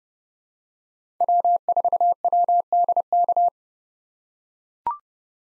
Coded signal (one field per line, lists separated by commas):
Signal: Morse code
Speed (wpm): 32 wpm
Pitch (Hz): 700 Hz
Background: none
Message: W4WDK